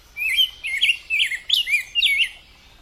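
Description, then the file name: Rose-breasted grosbeak singing a rich, warbled phrase of rising and falling whistled notes, several syllables run together in a smooth stream. "canto do bico grosso de peito rosa"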